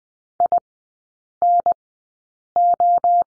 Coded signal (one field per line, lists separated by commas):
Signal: Morse code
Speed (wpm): 20 wpm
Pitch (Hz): 700 Hz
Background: none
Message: INO